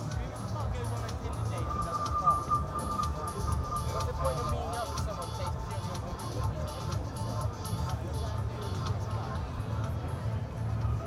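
A night walk through the Glastonbury festival grounds, with a steady wash of crowd chatter and overlapping voices throughout. Low rumbling sound sits underneath, and a brief tone rises around the two-second mark. Regular ticking clicks recur across the whole walk.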